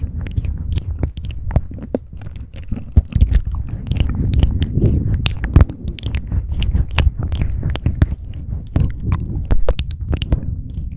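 Close mouth sounds: wet, sticky clicks and smacks pop out in a quick, irregular stream across the whole clip, a few sharper than the rest. Beneath them runs a soft, low rumble of chewing and breath that swells slightly around the middle.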